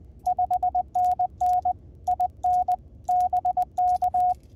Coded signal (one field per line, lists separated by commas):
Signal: Morse code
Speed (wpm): 19 wpm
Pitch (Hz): 730 Hz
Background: radio noise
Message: 5NN IN BK